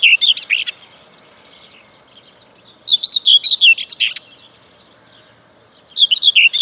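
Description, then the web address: Common whitethroat song: short scratchy warbling phrases of about a second, each a quick run of buzzy notes, repeated with pauses of roughly two seconds. "Przyroda Ptaki Cierniówka"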